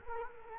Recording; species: mosquito wingbeat signal from an infrared sensor; Culex quinquefasciatus